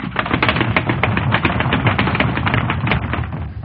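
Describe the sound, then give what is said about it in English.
A rapid, continuous clatter of many children's running footsteps as they run in through an opened door, dense and steady throughout, with no voices heard. “Suddenly the door opened and the children ran in.”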